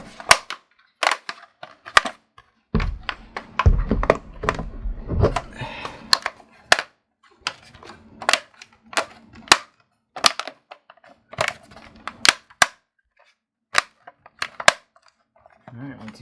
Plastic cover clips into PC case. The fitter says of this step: all snap in all our last four screws in that on